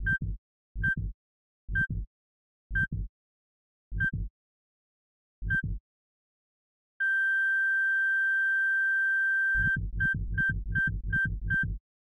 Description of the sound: Heartbeat With Beep.